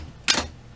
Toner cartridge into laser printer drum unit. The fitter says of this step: and then push down until it clicks into its blocked position when you pick it up it should lift the whole thing